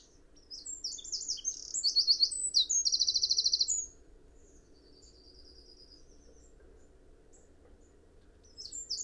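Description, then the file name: Eurasian wren song, a loud rapid high-pitched burst of twittering notes and a fast trill lasting about three seconds, then quiet, with another phrase starting at the end. "Troglodytes troglodytes"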